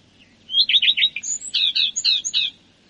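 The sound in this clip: Common redstart song: a burst of rapid downslurred notes followed by a busy, jingling series of high twittery elements.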